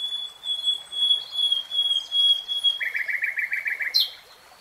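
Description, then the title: Nightingale song: a long pure whistled note, then a short series of rapid repeated notes and a sharp high note. "[Tiếng chim hót] Nightingale Singing"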